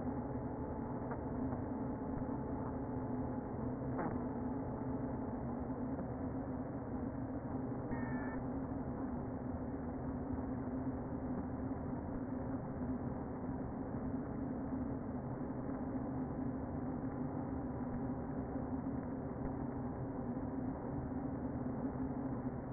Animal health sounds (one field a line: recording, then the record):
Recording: honeybee colony, microphone inside the hive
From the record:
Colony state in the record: queen present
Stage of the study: before two queens were removed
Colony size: about 60,000 bees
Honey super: yes